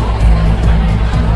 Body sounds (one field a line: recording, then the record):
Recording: background sound without coughing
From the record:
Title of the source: Party Noise 1 Hour Party Ambience